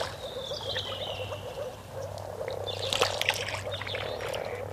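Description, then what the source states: Frogs croaking in quick, uneven, overlapping bursts, with a descending whistle early on. Several frog species calling at a lake just after the ice had melted, recorded very early in the morning in 1986.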